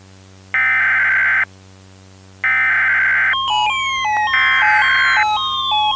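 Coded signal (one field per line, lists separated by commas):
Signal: Emergency Alert System (SAME) tones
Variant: header bursts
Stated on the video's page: Simulated EAS alert in a fictional scenario.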